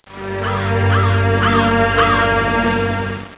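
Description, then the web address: Crow calls, a few harsh arching caws over a steady low hum. "VECTRONIX 2"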